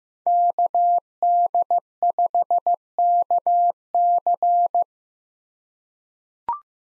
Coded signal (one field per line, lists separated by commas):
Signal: Morse code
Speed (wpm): 15 wpm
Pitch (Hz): 700 Hz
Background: none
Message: KD5KC